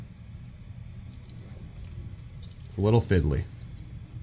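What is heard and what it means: A vision positioning sensor module is handled against the frame of a DJI Avata drone, with its cable being lined up, giving quiet faint taps and rustles around 1.3 s and 2.4–2.7 s. Someone talks briefly near the end. Nothing has seated or clicked yet.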